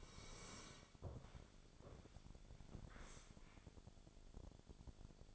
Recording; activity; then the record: daily activity, microphone in the room; sit down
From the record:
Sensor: 5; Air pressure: 1000.5 hPa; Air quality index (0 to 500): 140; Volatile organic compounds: 2 ppm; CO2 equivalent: 1088 ppm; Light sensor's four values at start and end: 44/103/42/44 and 44/103/42/44